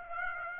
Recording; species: mosquito wingbeat signal from an infrared sensor; Aedes aegypti